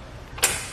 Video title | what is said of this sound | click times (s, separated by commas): etrailer - Test Fit: Saris Glide EX Bike Rack for 4 Bikes on a 2015 Chevrolet Colorado | It will snap into place, letting you know it's nice and secure. | 0.4 s